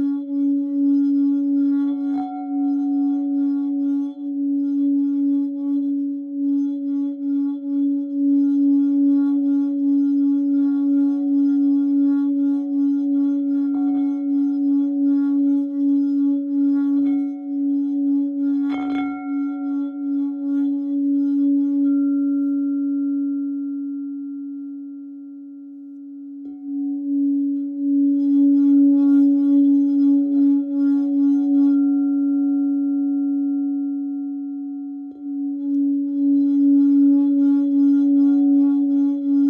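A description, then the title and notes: A gong hums with a steady low ringing tone and a fainter higher overtone, struck again near 19 seconds and swelling back around 27 seconds. 30-Day Gong Challenge.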